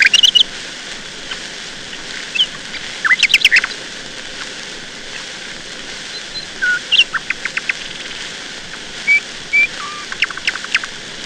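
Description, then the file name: Nightingale song: scattered short phrases of sharp clicks, high whistled notes and brief rising slurs, separated by pauses over steady background hiss. "Solovei"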